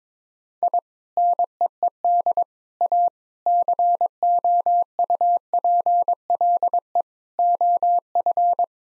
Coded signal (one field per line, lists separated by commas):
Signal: Morse code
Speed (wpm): 22 wpm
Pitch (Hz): 700 Hz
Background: none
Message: I NEED A COUPLE OF